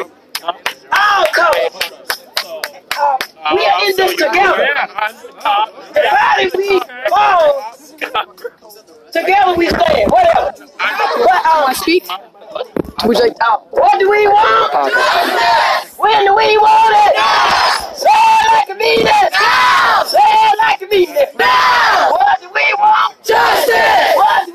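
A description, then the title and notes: A protest crowd in downtown Buffalo's Niagara Square, with voices shouting and speaking almost without pause. Loud raised calls and yells rise over a dense murmur of many people. There are brief drops near ten and thirteen seconds before the voices surge back. Niagara Square Protest in Downtown Buffalo.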